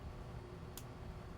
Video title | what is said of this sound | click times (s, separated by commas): Recycle Old Jewelry Pt. 1 | until you hear it click. | 0.8 s